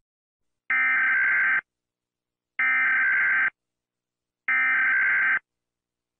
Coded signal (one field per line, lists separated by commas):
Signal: Emergency Alert System (SAME) tones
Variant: header bursts